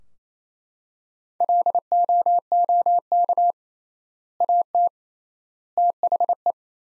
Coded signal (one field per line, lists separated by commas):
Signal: Morse code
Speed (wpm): 28 wpm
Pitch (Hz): 700 Hz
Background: none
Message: LOOK AT THE